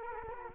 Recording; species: mosquito wingbeat signal from an infrared sensor; Culex quinquefasciatus